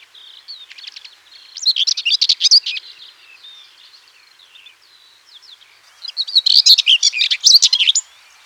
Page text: Common Whitethroat Song. Quick Sounds